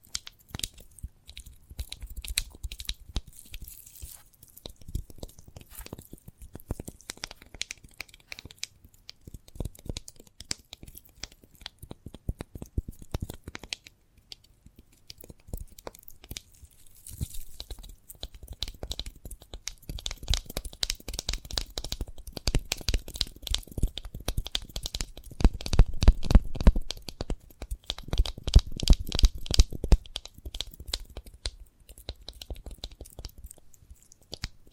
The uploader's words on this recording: ASMR of a Sprouted Coconut (No Talking).